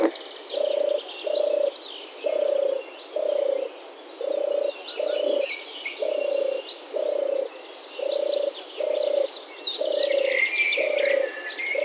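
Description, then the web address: European Turtle Dove with a series of deep, rolling purrs spaced evenly, accompanied by high-pitched chirping and warbling from other birds throughout. "vogelstimmen turteltaube johannes buhl"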